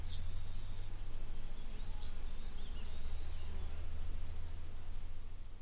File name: 160724 roebushcrick 1020 h 30 C W 40 2 BFT SUN DRY buchhorst